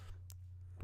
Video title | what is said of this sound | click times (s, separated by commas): Tutoriel iPhone 5C : remplacer la nappe du bouton Home HD | faire pression sur tout le contour de l'écran pour le clip s'est correctement dans le châssis là | 0.3 s, 0.8 s